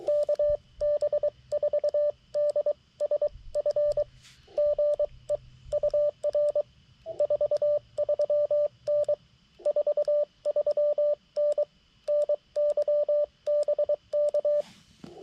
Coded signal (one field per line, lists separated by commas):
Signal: Morse code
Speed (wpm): 22 wpm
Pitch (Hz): 590 Hz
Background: radio noise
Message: KB4DSF GE UR 43N 43N NYBK